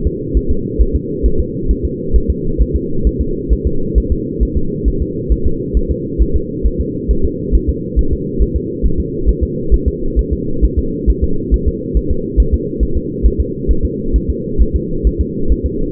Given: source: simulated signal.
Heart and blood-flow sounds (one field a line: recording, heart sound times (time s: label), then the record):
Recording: fetal heart sounds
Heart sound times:
0.07 s: S2
0.37 s: S1
0.51 s: S2
0.81 s: S1
0.95 s: S2
1.26 s: S1
1.40 s: S2
1.71 s: S1
1.85 s: S2
2.16 s: S1
2.30 s: S2
2.62 s: S1
2.76 s: S2
3.07 s: S1
3.21 s: S2
3.53 s: S1
3.67 s: S2
3.98 s: S1
4.12 s: S2
4.43 s: S1
4.57 s: S2
4.88 s: S1
5.02 s: S2
5.32 s: S1
5.46 s: S2
5.77 s: S1
5.91 s: S2
6.22 s: S1
6.36 s: S2
6.66 s: S1
6.80 s: S2
7.11 s: S1
7.25 s: S2
7.55 s: S1
7.69 s: S2
7.99 s: S1
8.13 s: S2
8.42 s: S1
8.56 s: S2
8.86 s: S1
9.00 s: S2
9.29 s: S1
9.43 s: S2
9.74 s: S1
9.88 s: S2
10.19 s: S1
10.33 s: S2
10.64 s: S1
10.78 s: S2
11.10 s: S1
11.24 s: S2
11.54 s: S1
11.68 s: S2
11.97 s: S1
12.11 s: S2
12.40 s: S1
12.54 s: S2
12.83 s: S1
12.97 s: S2
13.26 s: S1
13.40 s: S2
13.71 s: S1
13.85 s: S2
14.16 s: S1
14.30 s: S2
14.62 s: S1
14.76 s: S2
15.07 s: S1
15.21 s: S2
15.52 s: S1
15.66 s: S2
From the record:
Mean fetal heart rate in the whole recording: 135 bpm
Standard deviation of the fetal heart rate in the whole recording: 3 bpm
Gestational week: 34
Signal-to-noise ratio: -8.1 dB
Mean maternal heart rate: 72 bpm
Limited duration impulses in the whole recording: absent